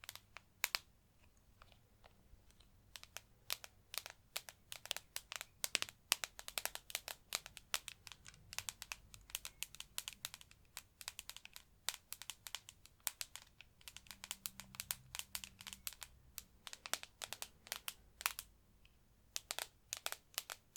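Rapid, irregular tapping runs through the whole recording, sharp bright clicks coming in quick bursts with short gaps, much like fingers on a keyboard. A faint low hum sits underneath, with a brief low tone midway.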